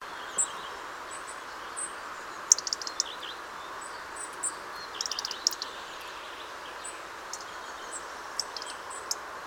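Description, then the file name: European robin producing irregular high, thin notes and short ticking bursts over a steady hiss. "Erithacus rubecula"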